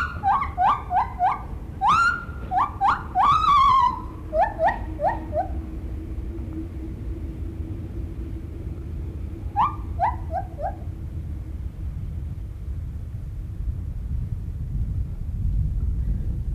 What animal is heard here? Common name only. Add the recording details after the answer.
Lar Gibbon. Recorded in captivity. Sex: male. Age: adult. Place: Zoo Rostock, Mecklenburg-Vorpommern, DE. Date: 1975-12-05 10:30. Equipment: Uher CR 210, Verstärker, Sennheiser MD 421, Kopie Unitra ZK 246. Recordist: Tembrock, Günter